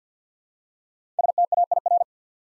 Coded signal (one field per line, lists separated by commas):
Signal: Morse code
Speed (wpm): 53 wpm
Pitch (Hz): 700 Hz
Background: none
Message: STAIR